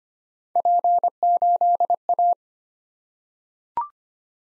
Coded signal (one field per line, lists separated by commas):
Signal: Morse code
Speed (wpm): 25 wpm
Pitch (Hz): 700 Hz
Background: none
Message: P8A